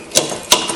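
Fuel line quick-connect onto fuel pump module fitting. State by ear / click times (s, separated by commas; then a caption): seated / 0.5 s. On a 1994-2004 Mustang during fuel pump replacement, a fuel hose quick-connect fitting is pushed onto the fuel pump module line on top of the tank. Sharp mechanical clicks come at about 0.2 s and 0.8 s, with the loudest, crisp snap at 0.5 s. The quick-connect is seated at 0.5 s, before the lock clip goes back on to hold it in place.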